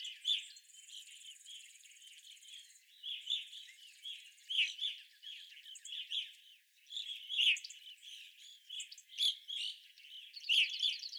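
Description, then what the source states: Evening grosbeaks calling in a flock, many short burry chirps overlapping and repeating irregularly, with a high buzzy trill and fainter high notes. Several evening grosbeaks recorded on 25 April 2021.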